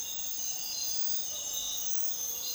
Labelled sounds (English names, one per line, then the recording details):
none
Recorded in dense forest near Puerto Asís, Putumayo, Colombia, on 21 February 2024 at 06:00
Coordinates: 0.499, -76.324
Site G6469